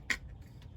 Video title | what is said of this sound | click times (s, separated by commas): FEXON LED Bed Lights install | and you hear it click click | 0.1 s